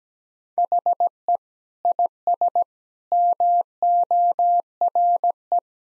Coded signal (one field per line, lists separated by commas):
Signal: Morse code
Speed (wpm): 17 wpm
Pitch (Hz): 700 Hz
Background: none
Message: HE IS MORE